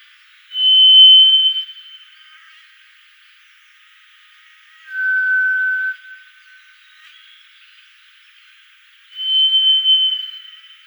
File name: Drozd pestryj